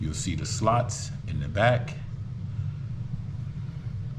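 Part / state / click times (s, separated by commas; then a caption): pistol slide onto frame rails / not seated / none. Someone talks while the rear slots of a Glock or S&W SDVE pistol slide are being lined up with the frame's front rails before the slide is pushed home. A steady low hum runs underneath throughout. The slide has not seated or clicked yet.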